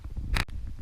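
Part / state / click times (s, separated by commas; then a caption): brake pushrod retaining clip onto brake pedal pin / seated / 0.4 s. A retaining clip on a brake booster pushrod is pushed onto the brake pedal pin of an 8th-gen W-body Impala until it slides over the ring in the pin. A sharp click sounds at 0.4 s, with a broad bright burst around 0.3–0.45 s over low rumbling handling noise. The clip stays seated in place on the pin.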